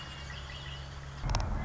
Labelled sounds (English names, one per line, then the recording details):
Red-winged Blackbird
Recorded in Sonoma County, California